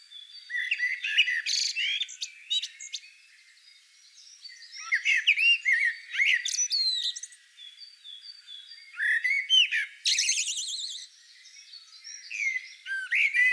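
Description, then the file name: Common blackbird singing four warbled phrases with squeaky endings, the third including a fast, very high trill. "Turdus merula"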